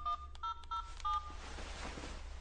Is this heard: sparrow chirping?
no